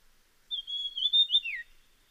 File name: Dusky fulvetta